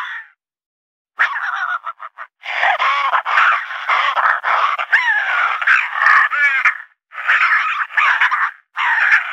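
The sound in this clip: Raccoon calls: brief ticking notes followed by long stretches of grating chatter, interspersed with quavering whine-like tones and short gaps.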